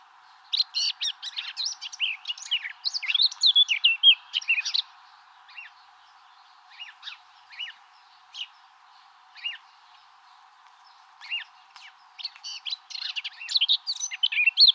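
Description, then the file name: Eurasian blackcap warbling in quick bursts of high, jumbled notes, thinning to scattered single chirps in the middle before a dense warble resumes. "Sylvia atricapilla"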